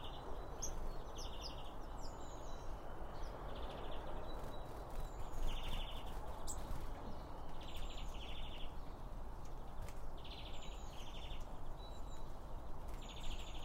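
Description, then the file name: Birds give repeated short buzzy chirps and high thin notes in scattered groups, with a steady low rumble underneath throughout. Several birds around a bird feeder, recorded with two Line Audio OM1 microphones. "Birds Around Birdfeeding With Two Om 1 From Line Audio"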